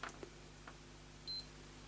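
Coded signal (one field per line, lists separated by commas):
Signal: beep code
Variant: Sony PlayStation 4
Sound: a few handling clicks, then one short high-pitched beep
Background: handling clicks, low hum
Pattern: 1 short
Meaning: Console acknowledges the held power button and is shutting down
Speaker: So I'm going to press and hold the power button to shut it down. One beep.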